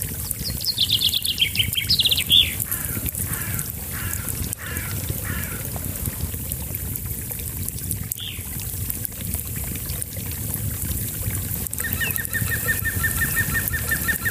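A small brook trickles steadily throughout, a dense low rushing bed under everything. Birds sing over it, with a descending chaffinch-like phrase near the start and another call around eight seconds, then a fast repeated trill from about twelve seconds on.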